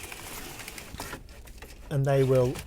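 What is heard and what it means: A pleated blackout blind over the cab window of a Weinsberg Cara Compact 600MEG Pepper is pinched by its tabs and slid across toward its catch, giving a soft running rustle with a few faint ticks at about 0.1, 0.7, 0.8, 1.0 and 1.6 seconds. Near the end someone talks. Nothing has latched or clicked yet.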